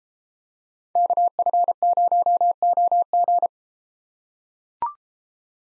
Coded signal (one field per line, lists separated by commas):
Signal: Morse code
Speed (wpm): 32 wpm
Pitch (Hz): 700 Hz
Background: none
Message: KF0OG